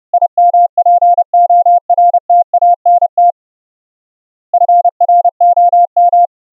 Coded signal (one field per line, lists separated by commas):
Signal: Morse code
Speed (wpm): 30 wpm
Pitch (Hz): 700 Hz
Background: none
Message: IMPORTANT FROM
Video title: Morse Code audio QSO over the internet using the GOSH.IO website & your WEBrtc enabled browser